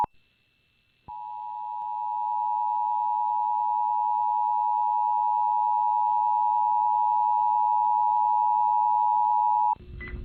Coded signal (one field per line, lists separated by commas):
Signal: Emergency Alert System (SAME) tones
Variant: 853 and 960 Hz attention tone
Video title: EAS Child Abduction Emergency (AMBER Alert) Southeastern Wisconsin (Downtown Milwaukee/Racine)